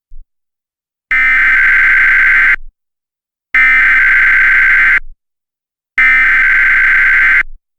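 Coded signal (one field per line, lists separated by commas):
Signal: Emergency Alert System (SAME) tones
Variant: header bursts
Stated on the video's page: Fictional EAS scenario using valid SAME tones.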